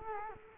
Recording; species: mosquito wingbeat signal from an infrared sensor; Culex quinquefasciatus